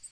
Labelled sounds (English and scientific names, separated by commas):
Tennessee Warbler (Leiothlypis peregrina) flight call